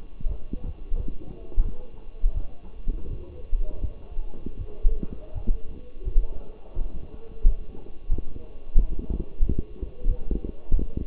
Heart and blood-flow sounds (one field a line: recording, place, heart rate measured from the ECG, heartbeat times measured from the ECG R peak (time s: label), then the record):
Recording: heart sounds by stethoscope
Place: between the tricuspid and mitral areas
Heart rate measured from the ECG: 86 bpm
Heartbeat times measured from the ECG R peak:
0.28 s: heartbeat
0.96 s: heartbeat
1.63 s: heartbeat
2.34 s: heartbeat
3.09 s: heartbeat
3.81 s: heartbeat
4.57 s: heartbeat
5.33 s: heartbeat
6.04 s: heartbeat
6.74 s: heartbeat
7.43 s: heartbeat
8.09 s: heartbeat
8.75 s: heartbeat
9.40 s: heartbeat
10.07 s: heartbeat
10.74 s: heartbeat
From the record:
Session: walking at 3.7 km/h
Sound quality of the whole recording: partially saturated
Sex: male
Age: 24 years